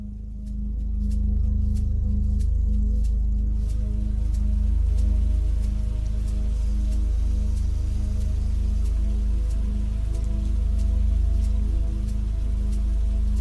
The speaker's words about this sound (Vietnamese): Cơn mưa đêm tầm tã trút xuống đến cả ngàn tấn nước. Âm thanh ù ù của những hạt mưa bị vỡ tan khi va đập xuống mặt đường, va đập lên những ô kính cửa sổ, lên những mái nhà, lên những nóc tòa cao tầng.